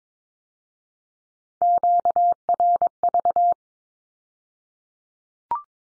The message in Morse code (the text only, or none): QRV